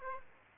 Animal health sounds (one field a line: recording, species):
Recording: mosquito wingbeat signal from an infrared sensor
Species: Aedes aegypti